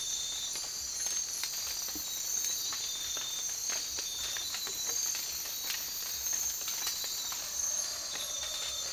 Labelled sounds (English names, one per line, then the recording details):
none
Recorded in dense forest near Puerto Asís, Putumayo, Colombia, on 19 March 2025 at 03:00
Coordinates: 0.503, -76.323
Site GP09